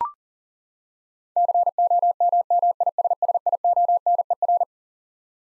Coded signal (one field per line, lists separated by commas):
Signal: Morse code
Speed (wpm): 40 wpm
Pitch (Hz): 700 Hz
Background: none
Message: COMMISSIONER